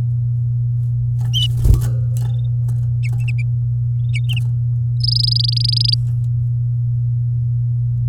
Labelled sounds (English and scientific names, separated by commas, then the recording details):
Domestic Canary (Serinus canaria) song
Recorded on 9 May 2018 at 08:48
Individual llb16